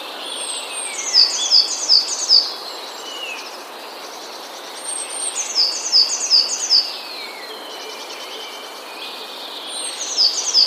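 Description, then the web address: Eurasian blue tit song: three phrases of several thin, very high notes, the last cut off, over a steady soft background hiss. "wroblowe teka spiew. modraszkoteka"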